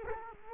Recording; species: mosquito wingbeat signal from an infrared sensor; Culex quinquefasciatus